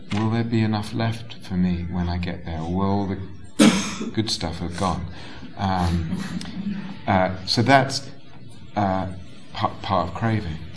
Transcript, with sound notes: will there be enough left for me when I get there? Will all the good stuff have gone? [laughter] So that's part of craving, yeah?